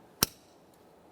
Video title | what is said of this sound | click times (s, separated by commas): How to Replace Door Lock Switch 2004-2008 Ford F-150 | Align your locking tab. Press it in. Listen for a click from that. | 0.2 s